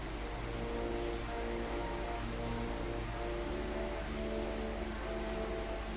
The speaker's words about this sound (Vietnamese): Trời mưa rất là to và có sấm sét rồi.